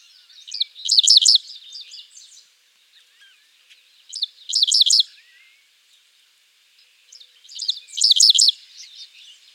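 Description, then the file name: Dickcissel singing three phrases, each a couple of quick notes leading into three harsh, buzzy stuttered notes, repeated roughly every three and a half seconds with quiet chips between. "Spiza americana - Dickcissel"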